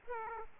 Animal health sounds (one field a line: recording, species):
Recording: mosquito wingbeat signal from an infrared sensor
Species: Aedes aegypti